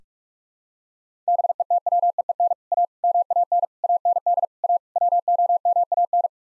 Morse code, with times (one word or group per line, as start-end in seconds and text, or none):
1.3-2.5 BETWEEN
2.7-2.9 A
3.0-3.6 MAN
3.8-4.5 AND
4.6-4.8 A
5.0-6.3 WOMAN